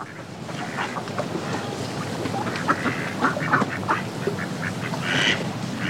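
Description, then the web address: Ducks quacking over a steady wash of splashing water. A flock of ducks splashing in water while quacking. "ducks in water splashing animal bird x flock splashing in water animal bird quacking"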